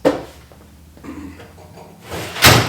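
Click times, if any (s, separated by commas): none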